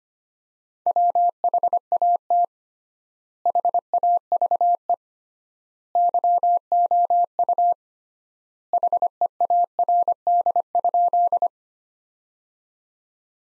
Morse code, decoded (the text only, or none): WHAT HAVE YOU HEARD?